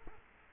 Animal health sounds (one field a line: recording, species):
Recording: mosquito wingbeat signal from an infrared sensor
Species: Culex quinquefasciatus